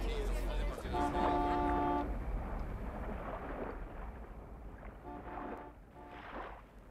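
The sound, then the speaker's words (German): The horn of a bus arriving in Miramalfi at midday honks in the distance: one long, steady, reedy blast, then after a pause two shorter toots, over a windy, rumbling background. “Die Autohupe haben wir gehört.”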